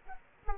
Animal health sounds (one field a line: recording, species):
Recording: mosquito wingbeat signal from an infrared sensor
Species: Culex quinquefasciatus